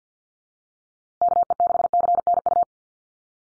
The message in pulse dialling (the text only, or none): none